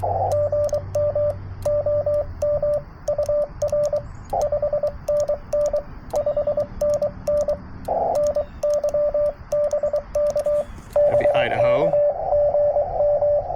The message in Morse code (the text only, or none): GM OM UR 5NN 5NN NY BK BK GM